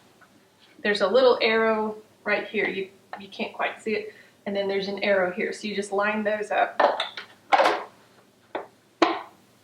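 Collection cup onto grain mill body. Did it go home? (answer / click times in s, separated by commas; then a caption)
yes / 9.0 s. Someone talks while lining up the arrow on a grain mill's collection cup with the arrow on the mill body, then turns or pushes the cup on. A couple of short knocks are heard near 7.5 and 8.6 seconds, and a sharp click at 9.0 seconds marks the cup locking into place on the mill body.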